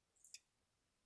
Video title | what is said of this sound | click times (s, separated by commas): Learn about the Janome 9410! | push it down. I'll hear it latch, and it's latched on and held in place. | 0.2 s, 0.3 s